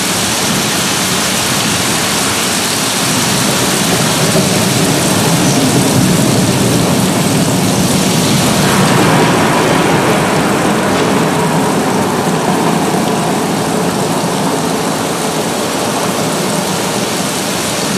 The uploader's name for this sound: Rain and solfeggio 852 Hz + 7.83 Hz